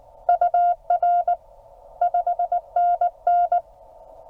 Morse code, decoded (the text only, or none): UR 5NN